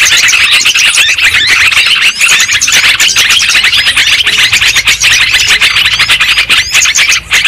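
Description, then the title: Lovebirds squealing and twittering together in a loud, continuous high-pitched jumble. Lure sound (pikat) for trapping lovebirds. "PIKAT BURUNG LOVEBIRD"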